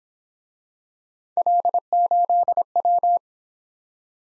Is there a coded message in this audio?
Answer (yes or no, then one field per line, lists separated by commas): yes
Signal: Morse code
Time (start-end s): 1.4-3.2 s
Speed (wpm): 25 wpm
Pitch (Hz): 700 Hz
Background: none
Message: L8W